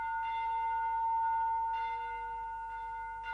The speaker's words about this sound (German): Wo aber tönet diese Glocken, hat angehoben Ewigkeit.